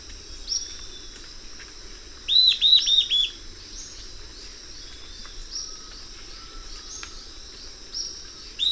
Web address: Natures Songs S America Eastern Lowlands. Lathrotriccus euleri, song